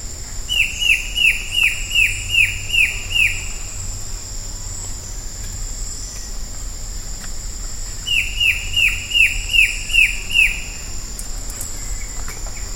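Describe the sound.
Bird calling in two bouts of about seven sharp, downslurred notes each, rapidly repeated, with a steady high hum throughout.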